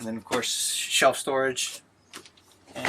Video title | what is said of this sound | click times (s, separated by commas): Interior Airstream Orientation | door closes and locks into place again for transportation | 2.9 s